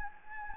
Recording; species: mosquito wingbeat signal from an infrared sensor; Anopheles gambiae